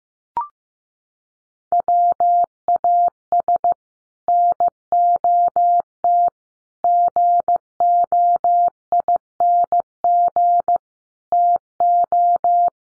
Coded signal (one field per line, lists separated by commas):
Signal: Morse code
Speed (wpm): 15 wpm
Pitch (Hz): 700 Hz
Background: none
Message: WAS NOT GOING TO